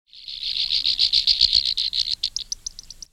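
Fork-tailed flycatcher giving a rapid run of sharp, buzzy high notes, dense and steady at first, then breaking into spaced, slower ticks toward the end.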